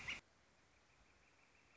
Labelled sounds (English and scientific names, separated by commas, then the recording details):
Northern Flicker (Colaptes auratus)
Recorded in Sonoma County, California